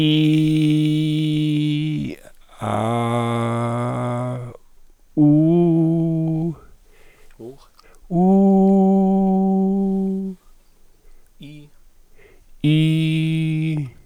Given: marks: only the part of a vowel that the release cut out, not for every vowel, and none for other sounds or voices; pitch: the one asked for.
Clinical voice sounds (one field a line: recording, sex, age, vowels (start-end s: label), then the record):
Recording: sustained vowels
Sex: male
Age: 70 to 79 years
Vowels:
0.00-1.90 s: vowel /i/, normal pitch
2.84-4.17 s: vowel /a/, normal pitch
5.24-6.39 s: vowel /u/, normal pitch
8.22-9.46 s: vowel /u/, high pitch
12.80-13.59 s: vowel /i/, high pitch
From the record:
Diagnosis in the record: central laryngeal movement disorder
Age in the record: 70 years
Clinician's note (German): Dysphagie, Speichelsekret